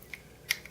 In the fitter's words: so it snaps in place